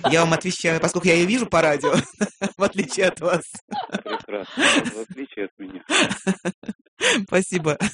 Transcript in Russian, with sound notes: Я Вам отвечаю, поскольку я ее вижу по радио, в отличие от Вас (смеется)
Прекрасно. В отличие от меня.
Спасибо!